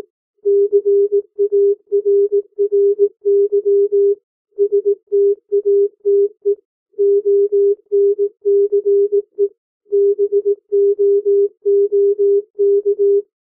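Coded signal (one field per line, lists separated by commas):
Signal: Morse code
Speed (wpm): 18 wpm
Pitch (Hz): 400 Hz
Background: music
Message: CARRY STATE ONCE BOOK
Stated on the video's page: Morse code practice at 15 to 18 WPM character speed for learning to read by ear.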